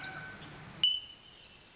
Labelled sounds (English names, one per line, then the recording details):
Pacific Wren
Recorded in Sonoma County, California